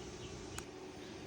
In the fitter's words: All right. So, it snapped back in.